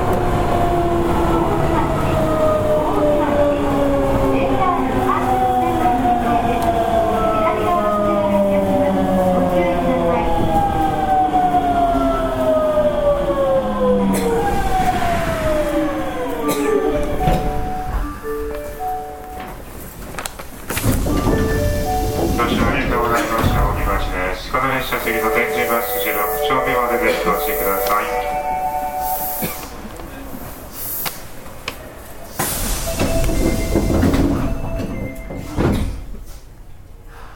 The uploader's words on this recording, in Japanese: 大阪市交通局 堺筋線66系 天下茶屋から天六まで。大阪市営地下鉄 66系電車の走行音です。堺筋線の列車にて収録しました。区間は、天下茶屋から天神橋筋六丁目までです。